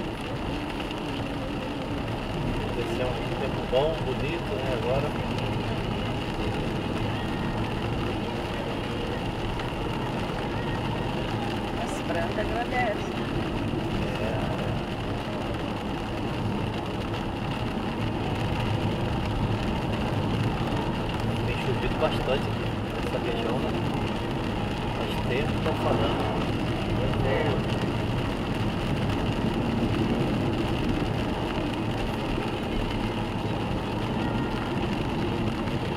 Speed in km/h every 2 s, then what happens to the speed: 68, 70, 71, 73, 76, 72, 69, 70, 71, 74, 76, 76, 77, 77, 78, 73, 72, 65.
0-7 speeds up to 76. 7-13 steady at about 72. 13-28 speeds up to 78. 28-36 slows to 65.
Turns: none.